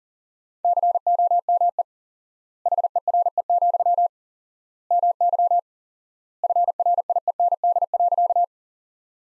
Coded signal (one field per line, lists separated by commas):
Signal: Morse code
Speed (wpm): 37 wpm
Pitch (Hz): 700 Hz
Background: none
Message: COME HERE, MY FRIEND.